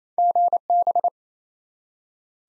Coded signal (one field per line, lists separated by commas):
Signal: Morse code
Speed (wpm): 27 wpm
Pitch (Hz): 700 Hz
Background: none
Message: GB